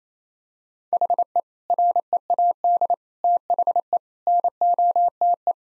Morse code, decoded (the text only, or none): HE READ THE NOTE